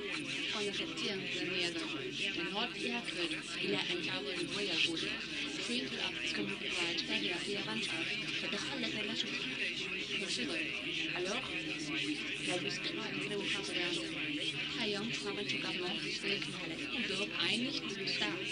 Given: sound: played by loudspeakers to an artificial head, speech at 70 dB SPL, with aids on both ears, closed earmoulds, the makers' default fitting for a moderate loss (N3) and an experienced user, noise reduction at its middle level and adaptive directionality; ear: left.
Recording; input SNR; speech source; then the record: speech test signal (ISTS) in cocktail-party noise; 0 dB; on the right (90 degrees)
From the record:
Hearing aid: class 2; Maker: D